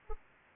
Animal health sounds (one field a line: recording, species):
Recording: mosquito wingbeat signal from an infrared sensor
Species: Anopheles arabiensis